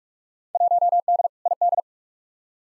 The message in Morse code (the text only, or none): 1D ID